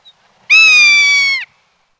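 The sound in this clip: Rough-legged hawk call: one loud, rich, level scream lasting about a second, dropping in pitch at its end, with silence around it.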